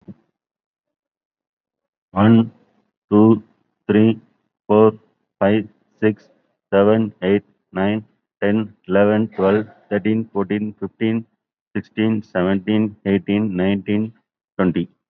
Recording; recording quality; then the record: counting at a normal pace; excellent, no background noise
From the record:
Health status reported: COVID-19 positive, moderate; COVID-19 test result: positive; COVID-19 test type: RT-PCR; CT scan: not taken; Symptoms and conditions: cough, breathing difficulty, fever, fatigue, muscle pain, loss of smell and taste, hypertension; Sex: male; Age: 50 years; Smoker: no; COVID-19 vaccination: both doses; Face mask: worn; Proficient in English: no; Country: India